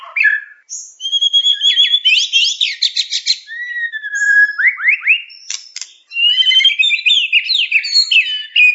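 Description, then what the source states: White-rumped shama song: rich, varied whistled phrases with quick slurred trills and rising and falling notes, briefly pausing before resuming. Described as a champion shama with a melodious voice.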